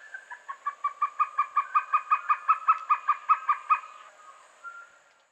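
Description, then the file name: Violaceous trogon giving a long, regular series of soft cooing notes, roughly twenty in quick succession, stopping fairly abruptly, then one faint note near the end. "Golosa ptic - Fioletovyj trogon Trogon violaceus"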